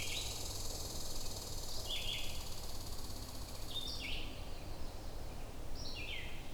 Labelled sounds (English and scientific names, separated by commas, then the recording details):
Red-eyed Vireo (Vireo olivaceus) song
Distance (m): 10 m
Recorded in boreal forest in Alberta, Canada, on 21 June 2016 at 07:28
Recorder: SongMeter 3, array SBT-6-76
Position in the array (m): 181 m, 87 m